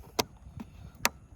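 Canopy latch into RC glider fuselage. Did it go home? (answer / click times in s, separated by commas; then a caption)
yes / 0.2 s, 1.0 s. The plastic/foam canopy of an FMS ASW-17 RC glider is pressed onto the fuselage, and its latch snaps into place. Two sharp, loud clicks sound at 0.2 s and 1.1 s, with a softer knock near 0.6 s between them. The canopy latch is seated.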